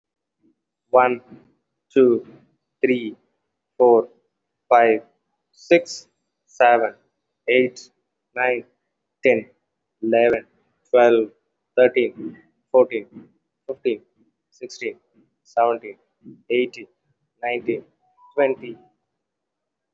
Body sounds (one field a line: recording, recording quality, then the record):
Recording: counting at a normal pace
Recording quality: excellent, no background noise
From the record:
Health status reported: healthy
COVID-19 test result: negative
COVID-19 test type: RT-PCR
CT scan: not taken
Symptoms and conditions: none ticked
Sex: male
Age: 24 years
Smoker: no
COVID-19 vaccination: both doses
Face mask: worn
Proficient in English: yes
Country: India